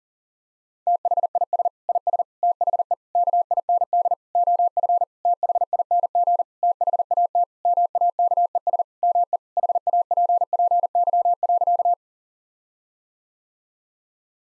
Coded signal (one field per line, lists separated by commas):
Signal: Morse code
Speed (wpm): 40 wpm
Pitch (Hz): 700 Hz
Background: none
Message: THIS IS THE KIND OF THING THAT MAKES ME HAPPY.